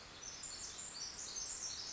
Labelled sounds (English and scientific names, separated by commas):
Pacific Wren (Troglodytes pacificus)